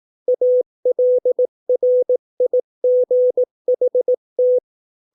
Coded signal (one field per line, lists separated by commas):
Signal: Morse code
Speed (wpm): 18 wpm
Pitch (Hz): 500 Hz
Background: none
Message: ALRIGHT